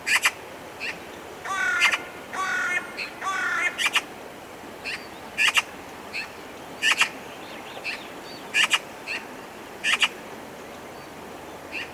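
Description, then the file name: Eurasian magpie with a run of harsh, grating rasps early on, then sharp single chak notes repeated at fairly regular intervals. "Pica pica"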